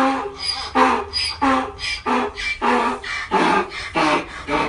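Donkey braying: a harsh, rhythmic run of hee-haw notes, loud throughout.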